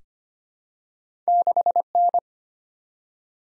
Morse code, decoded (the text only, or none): 6N